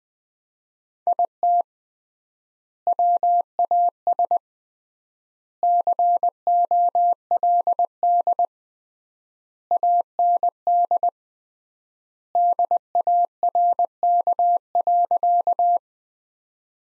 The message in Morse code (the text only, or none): IT WAS COLD AND DARK.